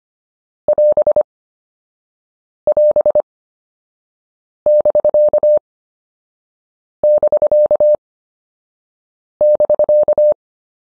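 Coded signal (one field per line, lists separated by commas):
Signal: Morse code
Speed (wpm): 25 wpm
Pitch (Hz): 600 Hz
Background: none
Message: <AS> <AS> <BK> <BK> <BK>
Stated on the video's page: Morse prosigns lesson, final module of an anchor words course.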